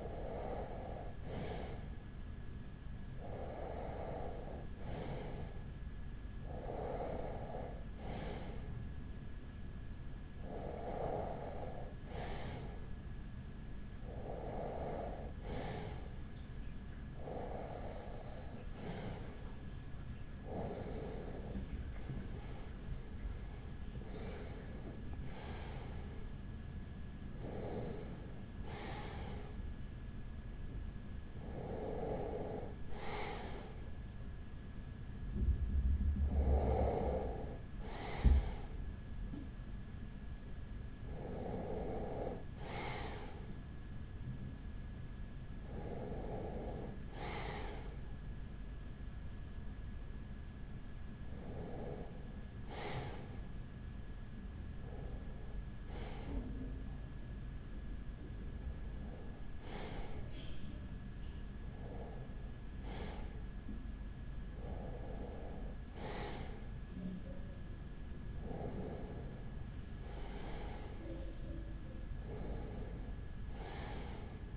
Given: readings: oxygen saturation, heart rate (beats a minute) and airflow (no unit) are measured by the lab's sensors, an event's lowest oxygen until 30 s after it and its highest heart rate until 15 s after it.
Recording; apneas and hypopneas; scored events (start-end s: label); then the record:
breathing in sleep by a smartphone at the bedside; none
none scored
From the record:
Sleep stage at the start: REM sleep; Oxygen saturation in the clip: 95 to 96%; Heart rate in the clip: 41 to 60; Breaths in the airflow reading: 20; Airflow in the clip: -6.3 to 6.4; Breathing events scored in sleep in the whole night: 207 in 7.6 hours asleep